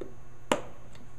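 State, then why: Seated. The plastic air filter cover on a Honda lawn mower engine, hinged at the bottom of the air filter box, is swung shut onto the box. A single sharp, loud snap is heard at 0.5 s, with only a faint tick after it. The cover snaps into place and is seated.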